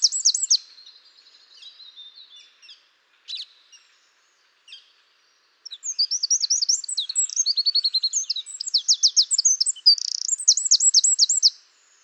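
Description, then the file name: Eurasian wren song: a brief loud phrase and scattered high notes, then a long rapid sequence of ringing trills and repeated notes before stopping. "Troglodytes troglodytes"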